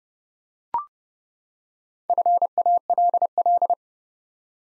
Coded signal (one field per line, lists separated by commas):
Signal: Morse code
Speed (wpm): 30 wpm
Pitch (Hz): 700 Hz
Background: none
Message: FALL